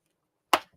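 Snap clips on a machine part or cover, possibly part of a laser setup, are pressed back into place. A single loud, sharp snap is heard at 0.5 seconds, followed by a faint tick. The clips are seated.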